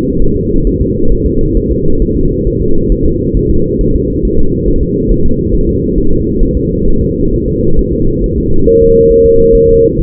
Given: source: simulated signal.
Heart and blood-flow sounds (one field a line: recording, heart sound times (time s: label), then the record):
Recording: fetal heart sounds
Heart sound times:
0.22 s: S1
0.36 s: S2
0.67 s: S1
0.81 s: S2
1.12 s: S1
1.27 s: S2
1.57 s: S1
1.72 s: S2
2.02 s: S1
2.17 s: S2
2.47 s: S1
2.62 s: S2
2.92 s: S1
3.06 s: S2
3.37 s: S1
3.51 s: S2
3.81 s: S1
3.95 s: S2
4.25 s: S1
4.39 s: S2
4.68 s: S1
4.83 s: S2
5.11 s: S1
5.26 s: S2
5.54 s: S1
5.69 s: S2
5.98 s: S1
6.13 s: S2
6.43 s: S1
6.57 s: S2
6.88 s: S1
7.02 s: S2
7.34 s: S1
7.48 s: S2
7.79 s: S1
7.93 s: S2
8.24 s: S1
8.38 s: S2
8.68 s: S1
8.82 s: S2
9.11 s: S1
9.26 s: S2
9.55 s: S1
9.69 s: S2
9.99 s: S1
From the record:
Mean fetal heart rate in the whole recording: 135 bpm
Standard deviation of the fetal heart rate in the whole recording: 3 bpm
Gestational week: 36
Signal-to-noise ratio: -19.1 dB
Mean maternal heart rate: 72 bpm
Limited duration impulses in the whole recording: present